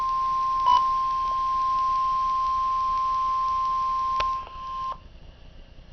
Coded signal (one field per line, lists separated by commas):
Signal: Emergency Alert System (SAME) tones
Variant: 1050 Hz attention tone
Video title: Real NOAA Weather Radio EAS Alert #16